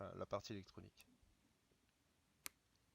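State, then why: Released. Someone talks while a needle is slipped into a notch beside the Touch ID home button on an iPhone screen assembly and levered to pry the small electronic part free of its adhesive or clip. A single sharp click sounds at 2.5 s as the Touch ID module comes loose, leaving it released.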